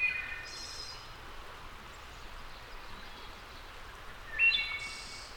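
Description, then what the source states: Wood thrush singing: a phrase ending at the start, a pause, then a fluty phrase finishing in a high, buzzy trill, with steady hiss throughout. Labelled as a return.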